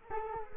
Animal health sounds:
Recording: mosquito wingbeat signal from an infrared sensor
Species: Culex quinquefasciatus

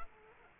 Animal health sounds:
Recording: mosquito wingbeat signal from an infrared sensor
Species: Culex quinquefasciatus

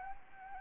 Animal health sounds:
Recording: mosquito wingbeat signal from an infrared sensor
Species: Anopheles arabiensis

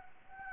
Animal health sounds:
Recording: mosquito wingbeat signal from an infrared sensor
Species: Anopheles arabiensis

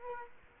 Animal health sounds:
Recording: mosquito wingbeat signal from an infrared sensor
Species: Culex quinquefasciatus

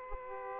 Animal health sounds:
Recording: mosquito wingbeat signal from an infrared sensor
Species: Aedes aegypti

